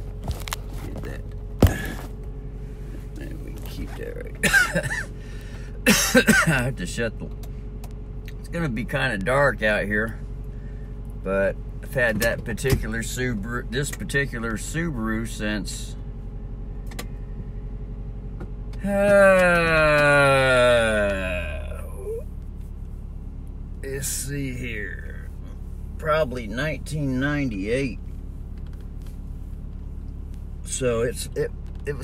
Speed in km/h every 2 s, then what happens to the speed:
3, 3, 3, 6, 6, 6, 6, 6, 6, 6, 6, 6, 6, 6, 6, 6.
0-32 steady at about 6.